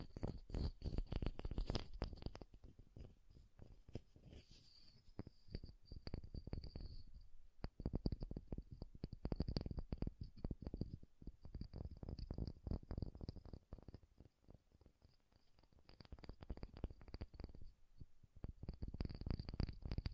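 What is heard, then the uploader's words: Soft, bassy tapping runs through the whole stretch in quick, dense bursts, with a low rumbling, purr-like thud to each hit. The pace eases briefly around seven seconds and again mid-clip before picking back up. A faint thin whine hangs steadily above. ASMR Bassy and Soft Tapping Sounds. No Talking.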